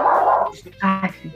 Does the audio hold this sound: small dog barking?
yes